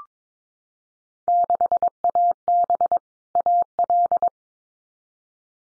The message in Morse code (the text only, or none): 6AB AL